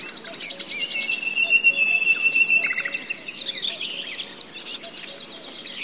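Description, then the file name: Crickets give a steady high shrill trill throughout, while several birds add quick twittering chirps and a short whistled phrase near the middle. Forest ambience with birds, cuckoos and crickets. "les ptici kukushki sverchki zhuzhzhanie muhi"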